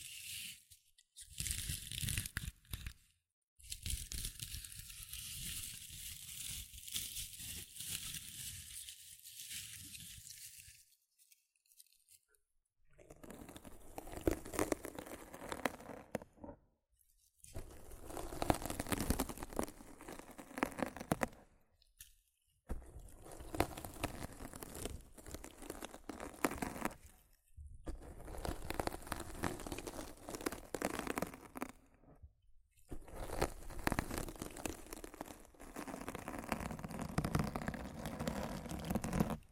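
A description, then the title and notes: Rough scratching and brushing right against a microphone, in bursts of a few seconds each separated by brief near-silent gaps. The strokes are dense and crackly, crinkling and crunching close up, with a bright hiss over a low rumble. ASMR Rough Mic Scratching & Brushing (No Talking).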